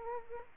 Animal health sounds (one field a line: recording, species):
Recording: mosquito wingbeat signal from an infrared sensor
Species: Culex quinquefasciatus